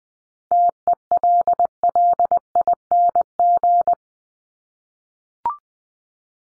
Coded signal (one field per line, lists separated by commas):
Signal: Morse code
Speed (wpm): 20 wpm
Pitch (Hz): 700 Hz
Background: none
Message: TELLING